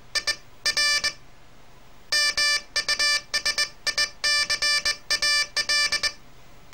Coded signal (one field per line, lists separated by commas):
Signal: Morse code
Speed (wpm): 20 wpm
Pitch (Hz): 1750 Hz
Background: none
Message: IR MUSICAL